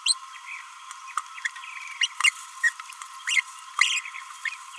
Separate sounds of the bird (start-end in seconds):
0.05-0.14, 2.01-2.08, 2.23-2.32, 2.63-2.69, 3.27-3.41, 3.79-4.02